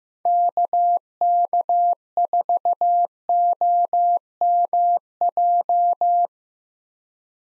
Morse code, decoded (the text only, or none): KK4OMJ